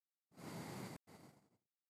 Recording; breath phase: one breath near a microphone; exhalation